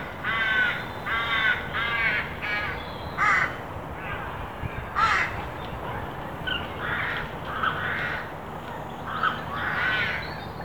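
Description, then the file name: Carrion crow giving a run of short harsh caws, several quick calls early then more scattered rasping calls. "Corvus corone"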